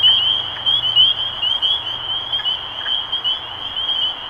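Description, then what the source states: Spring peepers calling together, a dense stream of shrill rising peeps from overlapping frogs. Recorded 23 March 2012.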